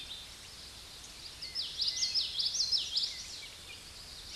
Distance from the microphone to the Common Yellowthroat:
about 20 m